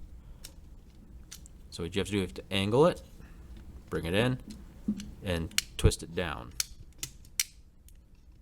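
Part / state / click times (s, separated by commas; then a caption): action figure leg into the plastic body / seated / 7.4 s. Someone talks while bringing the plastic leg of a Transformers Generations Voyager Class Blitzwing action figure in toward the plastic body and twisting it down so it locks in for jet mode, with small plastic clicks and rattles throughout. A loud, sharp click at 7.4 s marks the leg locking into the body.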